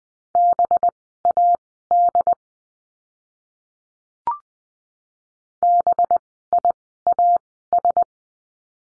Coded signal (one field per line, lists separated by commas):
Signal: Morse code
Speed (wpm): 20 wpm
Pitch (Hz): 700 Hz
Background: none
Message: BAD BIAS